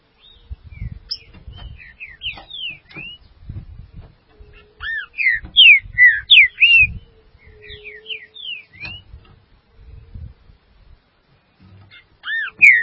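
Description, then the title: Green-winged saltator song: several bursts of rich whistled notes rising and falling, with another phrase starting at the end. Soft low thumps and a faint hum underneath. "Trinca Ferro"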